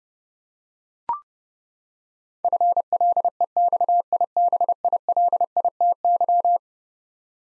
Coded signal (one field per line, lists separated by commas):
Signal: Morse code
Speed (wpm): 29 wpm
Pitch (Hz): 700 Hz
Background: none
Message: FLEXIBILITY